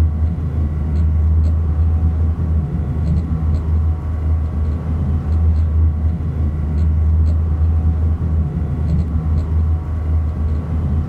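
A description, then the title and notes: A machine hums steadily for the whole clip, its deep low drone holding constant with a faint higher whine above it. Soft clicks and taps recur every second or two, and a low rumble underneath suggests an engine-like motor running. Machine Hum Sound.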